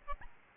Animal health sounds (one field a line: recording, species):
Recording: mosquito wingbeat signal from an infrared sensor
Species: Aedes albopictus